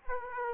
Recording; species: mosquito wingbeat signal from an infrared sensor; Aedes aegypti